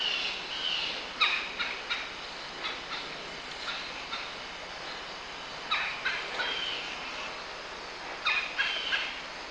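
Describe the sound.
Bird calls in quick bursts of chattering, clicking notes, heard in clusters near the start, middle and end, over a steady rushing background noise.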